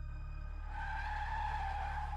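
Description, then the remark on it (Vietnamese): A car's tires screech in a sustained, high-pitched squeal as the driver brakes suddenly after something slams into the windshield, rising in over a heavy, steady engine rumble and holding loud for about a second and a half. “Đang mãi suy nghĩ thì Tiện giật nảy người khi vừa có thứ gì đó đập mạnh vào kính xe trước, kèm theo tiếng phanh gấp cảm tưởng như cháy cả bánh xe của bác Tài.”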